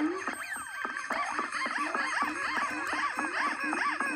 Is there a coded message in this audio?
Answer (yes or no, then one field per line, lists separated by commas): no